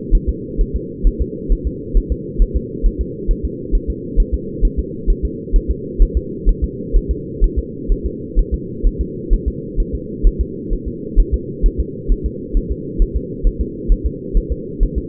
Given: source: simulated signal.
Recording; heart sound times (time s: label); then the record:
fetal heart sounds
0.15 s: S1
0.29 s: S2
0.61 s: S1
0.76 s: S2
1.07 s: S1
1.22 s: S2
1.52 s: S1
1.67 s: S2
1.97 s: S1
2.12 s: S2
2.42 s: S1
2.56 s: S2
2.86 s: S1
3.01 s: S2
3.31 s: S1
3.45 s: S2
3.75 s: S1
3.90 s: S2
4.20 s: S1
4.34 s: S2
4.65 s: S1
4.79 s: S2
5.10 s: S1
5.25 s: S2
5.56 s: S1
5.71 s: S2
6.02 s: S1
6.17 s: S2
6.49 s: S1
6.64 s: S2
6.97 s: S1
7.11 s: S2
7.44 s: S1
7.59 s: S2
7.92 s: S1
8.06 s: S2
8.39 s: S1
8.54 s: S2
8.87 s: S1
9.01 s: S2
9.33 s: S1
9.48 s: S2
9.80 s: S1
9.95 s: S2
10.27 s: S1
10.41 s: S2
10.73 s: S1
10.88 s: S2
11.20 s: S1
11.34 s: S2
11.66 s: S1
11.80 s: S2
12.12 s: S1
12.26 s: S2
12.57 s: S1
12.72 s: S2
13.02 s: S1
13.16 s: S2
13.47 s: S1
13.61 s: S2
13.92 s: S1
14.06 s: S2
14.37 s: S1
14.52 s: S2
14.83 s: S1
14.98 s: S2
From the record:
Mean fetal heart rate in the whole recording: 130 bpm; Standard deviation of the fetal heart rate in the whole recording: 2 bpm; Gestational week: 38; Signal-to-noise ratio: -4.1 dB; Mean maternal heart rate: no maternal heart sound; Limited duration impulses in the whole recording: absent